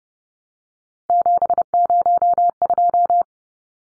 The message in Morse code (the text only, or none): 702